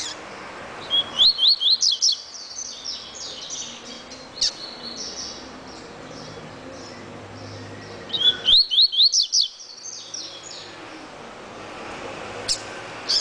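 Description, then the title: Double-collared seedeater giving two bursts of fast, high, rising notes several seconds apart, with scattered chirps and a steady background hiss between them. "Canto Coleiro"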